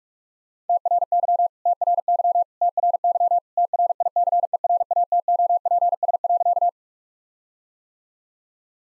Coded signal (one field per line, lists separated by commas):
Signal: Morse code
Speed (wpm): 43 wpm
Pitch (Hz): 700 Hz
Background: none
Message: TRY TRY TRY TRICERATOPS.